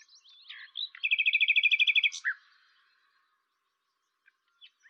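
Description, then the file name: Common nightingale song: soft introductory notes, then a fast, even rattling trill of about a dozen notes and a final chirp. "Luscinia megarhynchos"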